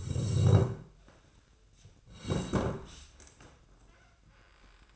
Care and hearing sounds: daily activity, microphone in the room; sit down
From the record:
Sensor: 2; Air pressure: 1012.1 hPa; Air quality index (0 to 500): 159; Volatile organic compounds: 2 ppm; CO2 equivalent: 1167 ppm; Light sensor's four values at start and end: 60/137/64/76 and 45/119/50/57

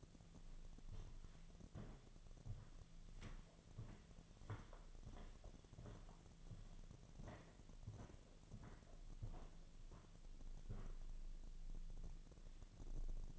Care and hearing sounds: daily activity, microphone in the room; walk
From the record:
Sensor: 4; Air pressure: 1009.1 hPa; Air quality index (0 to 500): 169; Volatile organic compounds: 4 ppm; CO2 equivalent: 1698 ppm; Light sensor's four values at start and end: 24/76/29/28 and 24/76/29/28

